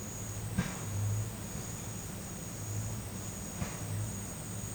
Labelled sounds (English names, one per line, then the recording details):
none
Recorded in secondary vegetation near Puerto Asís, Putumayo, Colombia, on 19 March 2025 at 11:00
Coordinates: 0.485, -76.322
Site G040